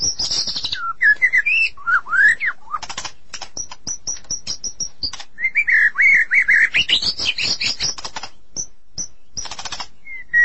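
Magpie-robins and shamas song: loud varied whistles, high thin notes and rising-falling phrases, broken up by sharp clicking ticks throughout.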